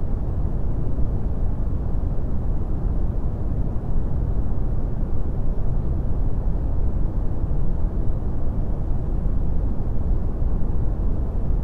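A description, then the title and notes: Deep brown noise runs steady for the whole stretch, a dense, even rumble weighted heavily toward the low end. It sounds like an engine drone or a roar, muffled, with almost nothing bright above it and no breaks or events. Deep Brown Noise.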